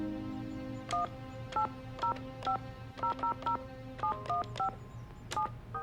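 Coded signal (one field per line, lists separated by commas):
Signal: DTMF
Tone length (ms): 110 ms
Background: music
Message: 18050007157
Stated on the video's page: Tones occur in a drama film.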